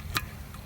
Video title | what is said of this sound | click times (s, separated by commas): How to Replace Front Brake Pads and Turn Rotors on a 2008 Lexus LS460 | till it snaps into place | 0.2 s